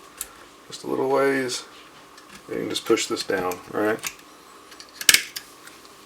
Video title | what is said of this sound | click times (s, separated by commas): S&W M&P 22 Magnum and M&P 5.7 Moray Short Stroke Trigger from Galloway Precision | snap right in hold it down with your thumb grab the trigger From the Bottom by pinching it | 5.1 s